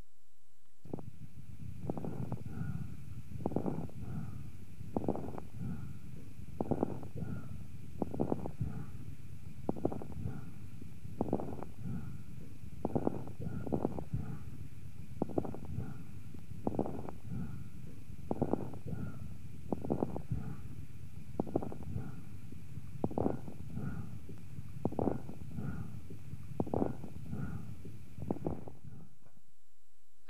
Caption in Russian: Крепитация возникает в альвеолах, стенки которых, в силу определенных причин, оказываются смоченными вязким секретом. Вследствие этого, на высоте вдоха, когда происходит расправление пораженных альвеол, возникает особый звук, напоминающий нежный треск. Крепитация, в отличие от хрипов, не изменяется после покашливания. На фоне бронхиального дыхания, вы услышите крепитацию.